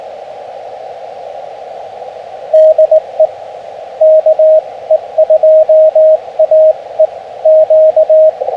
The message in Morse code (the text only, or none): DE KE2AE Q